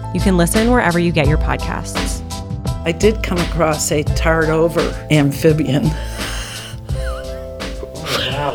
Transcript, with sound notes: You can listen wherever you get your podcasts.
I did come across a tarred-over amphibian. [laughs]
Oh wow.